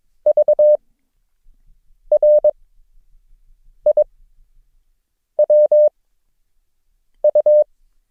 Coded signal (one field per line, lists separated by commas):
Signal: Morse code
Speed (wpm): 22 wpm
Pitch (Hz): 600 Hz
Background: none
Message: VRIWU